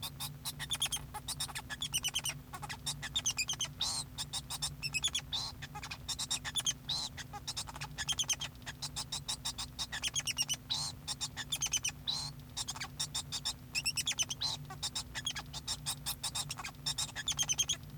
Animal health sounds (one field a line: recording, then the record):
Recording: song of a male Bengalese finch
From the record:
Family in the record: son of father 2